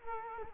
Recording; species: mosquito wingbeat signal from an infrared sensor; Culex quinquefasciatus